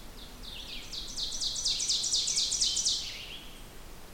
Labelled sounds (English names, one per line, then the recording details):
Ovenbird song
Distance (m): 40 m
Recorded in boreal forest in Alberta, Canada, on 16 June 2016 at 08:06
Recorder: SongMeter 3, array SBT-3-32
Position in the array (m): 142 m, 27 m
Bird 36